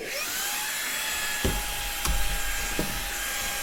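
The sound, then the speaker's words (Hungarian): A handheld vacuum cleaner with a brush attachment, kept for cleaning Lego, is used to clean a Lego set. It runs steadily with a high, thin motor whine and airy rush, broken by a few soft knocks and bumps as it moves along. “És akkor most jön a kedvenc részem, kicsit kézbe veszem egyébként a kifejezetten Lego takarításra fenntartott kézi porszívómat.”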